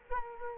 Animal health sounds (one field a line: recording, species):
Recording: mosquito wingbeat signal from an infrared sensor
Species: Culex quinquefasciatus